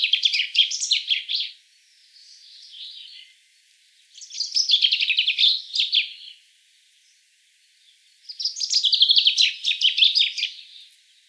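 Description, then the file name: Common chaffinch delivering three rapid, descending song phrases, each a cascade of sharp notes, with soft warbles in the first gap. "Fringilla coelebs"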